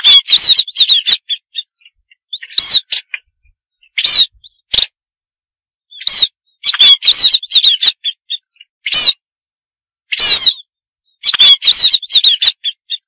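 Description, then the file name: Munia calls: harsh, buzzy bursts mixed with thin wavering whistles near one pitch, given in clustered bouts with short silent gaps. "suara burung pipit"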